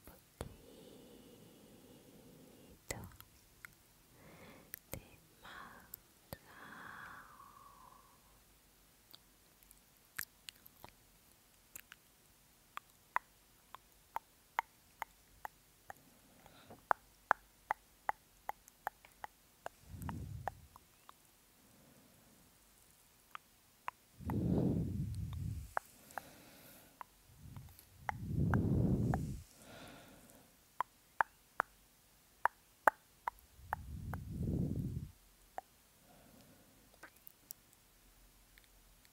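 Mouth sounds: sparse wet clicks and pops scattered throughout, growing denser after about fifteen seconds. Four heavier low, muffled swells come near 20, 25, 29 and 34 seconds, like soft breathy or chewing bursts, between quiet stretches.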